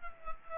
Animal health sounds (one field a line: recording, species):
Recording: mosquito wingbeat signal from an infrared sensor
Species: Culex pipiens